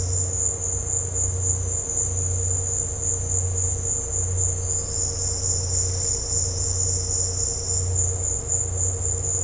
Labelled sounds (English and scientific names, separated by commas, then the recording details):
none
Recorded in dense forest near Puerto Asís, Putumayo, Colombia, on 13 March 2025 at 16:00
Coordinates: 0.468, -76.322
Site GP01